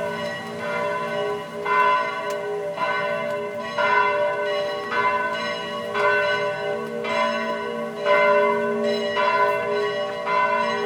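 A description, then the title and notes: Church bells ring continuously, with fresh strikes arriving about once a second in an overlapping, steady peal. The tones are bright and ringing, each one sustaining into the next, with a low murmur of open-air background beneath. On the Steps of St. Peter's Square. Peter's Square - here were the bells ringing at 7PM on an absolutely stunning day.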